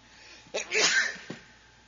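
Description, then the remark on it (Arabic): A single sharp sneeze bursts out with a quick intake and a bright, noisy explosive release, followed by a brief trailing breath, standing alone against a quiet background. “الحمد لله، يرحمكم الله ويصلح بالكم.”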